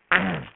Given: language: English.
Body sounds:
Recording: throat vibration sensor signal played as sound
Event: throat clearing

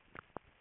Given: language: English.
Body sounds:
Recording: throat vibration sensor signal played as sound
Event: swallow

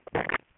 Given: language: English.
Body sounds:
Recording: throat vibration sensor signal played as sound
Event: swallow

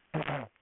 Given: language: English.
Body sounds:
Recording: throat vibration sensor signal played as sound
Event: throat clearing

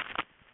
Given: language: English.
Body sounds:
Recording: throat vibration sensor signal played as sound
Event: swallow

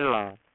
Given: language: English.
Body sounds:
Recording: throat vibration sensor signal played as sound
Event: speech

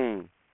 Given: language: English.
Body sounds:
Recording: throat vibration sensor signal played as sound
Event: speech

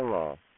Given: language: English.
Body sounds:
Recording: throat vibration sensor signal played as sound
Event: speech

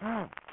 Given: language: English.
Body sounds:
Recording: throat vibration sensor signal played as sound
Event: throat clearing

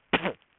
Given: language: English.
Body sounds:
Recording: throat vibration sensor signal played as sound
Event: cough

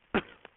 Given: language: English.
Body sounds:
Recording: throat vibration sensor signal played as sound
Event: cough

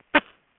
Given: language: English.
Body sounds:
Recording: throat vibration sensor signal played as sound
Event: cough

